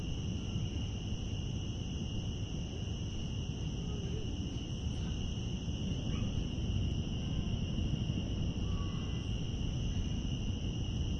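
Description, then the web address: Cicadas in a steady, unbroken high buzzing drone holding an even pitch throughout, over a heavy low rumble like traffic. Cicadas recorded outdoors in Central Park. "Lynne Music Central-Park-Cicadas"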